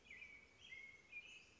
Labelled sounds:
American Robin
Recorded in Sonoma County, California

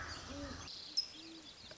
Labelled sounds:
Great Horned Owl
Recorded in Sonoma County, California

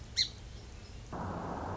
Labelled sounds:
Song Sparrow
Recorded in Sonoma County, California

